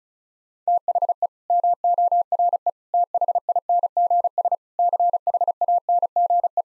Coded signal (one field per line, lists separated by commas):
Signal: Morse code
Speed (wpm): 34 wpm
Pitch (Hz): 700 Hz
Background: none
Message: THE MORE THINGS CHANGE